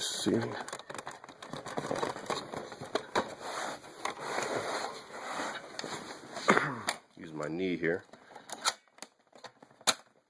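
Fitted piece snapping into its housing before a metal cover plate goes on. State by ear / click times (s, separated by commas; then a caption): seated / 9.9 s. A fitted piece is pressed home into its housing, with a knee used for leverage, before a metal cover plate goes on. Someone talks over scattered knocks and handling noise. The piece snaps into place with a sharp hit at 9.9 s and is seated.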